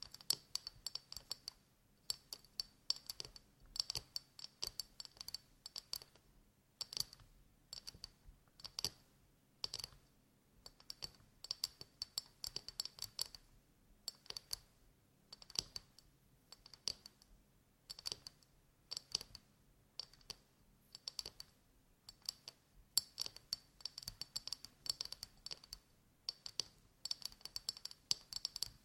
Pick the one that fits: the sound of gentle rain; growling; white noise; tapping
tapping